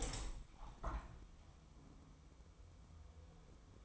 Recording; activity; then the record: daily activity, microphone in the room; open window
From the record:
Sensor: 1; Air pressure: 1006.7 hPa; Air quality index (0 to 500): 211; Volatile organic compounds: 25 ppm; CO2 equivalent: 2840 ppm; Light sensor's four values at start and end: 12/31/12/14 and 13/33/13/15